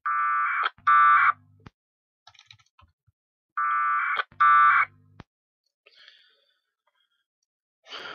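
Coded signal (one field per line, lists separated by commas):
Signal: packet radio (AX.25, as in APRS)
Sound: two pairs of harsh buzzing data bursts, each under a second, with pauses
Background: low hum, faint clicks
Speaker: okay so let's try some more a little left now type some stuff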